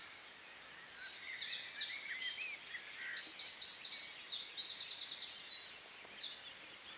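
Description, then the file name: Eurasian wren singing a quick, high run of trills and rattles for several seconds against a hissing background, with a few softer lower notes. "Troglodytes troglodytes"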